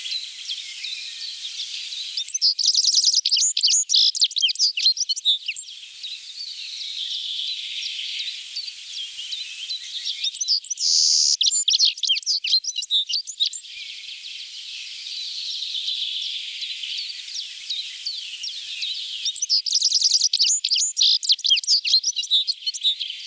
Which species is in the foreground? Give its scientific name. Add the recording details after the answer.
Carduelis citrinella. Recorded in the wild. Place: Kandel /Schwarzwald; Waldkirch, Baden-Württemberg, DE. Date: 1984-07-01. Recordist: Schwarz, Dieter